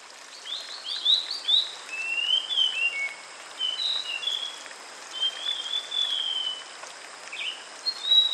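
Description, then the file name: Sulingan bird singing smooth, drawn-out whistled phrases with gentle slurs, pausing between groups of notes, over a broad background hiss. With flowing water. "terapi air mengalir burung sulingan"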